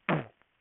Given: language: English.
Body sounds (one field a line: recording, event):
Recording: throat vibration sensor signal played as sound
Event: throat clearing